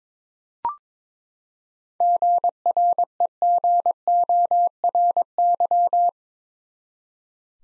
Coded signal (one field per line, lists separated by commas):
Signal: Morse code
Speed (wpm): 21 wpm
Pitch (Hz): 700 Hz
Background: none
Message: GREGORY